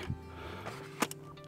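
A telescopic aluminium ladder for a roof tent is extended, and one ladder section locks into the next at its set length with its click system. Sharp metallic clicks come at 1.0 s and 1.1 s over a low steady hum, and the section is seated in place.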